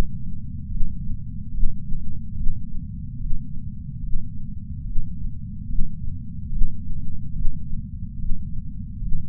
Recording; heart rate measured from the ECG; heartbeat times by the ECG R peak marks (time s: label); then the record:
heart sounds by patch sensor on the chest; 72 bpm
0.67 s: heartbeat
1.50 s: heartbeat
2.33 s: heartbeat
3.16 s: heartbeat
3.99 s: heartbeat
4.83 s: heartbeat
5.65 s: heartbeat
6.48 s: heartbeat
7.32 s: heartbeat
8.15 s: heartbeat
8.98 s: heartbeat
From the record:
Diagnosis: coronary artery disease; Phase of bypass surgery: intraoperative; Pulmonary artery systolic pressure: 14 mmHg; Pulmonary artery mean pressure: 10 mmHg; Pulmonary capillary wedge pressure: 9 mmHg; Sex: female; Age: 74 years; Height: 160 cm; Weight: 64 kg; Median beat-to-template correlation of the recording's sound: 0.90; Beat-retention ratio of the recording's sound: 0.99